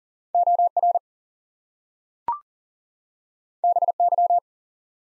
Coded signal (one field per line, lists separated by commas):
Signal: Morse code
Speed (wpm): 41 wpm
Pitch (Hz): 700 Hz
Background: none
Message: OR BY